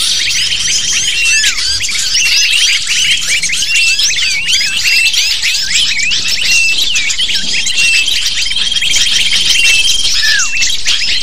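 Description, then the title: Lovebird calls, a constant wash of squeaky, high-pitched twitters and chirps, with a long steady whistle running through the second half. Lure used to attract lovebirds. "PIKAT BURUNG LOVEBIRD"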